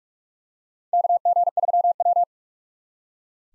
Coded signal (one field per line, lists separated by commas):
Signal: Morse code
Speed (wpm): 44 wpm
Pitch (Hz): 700 Hz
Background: none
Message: KG3W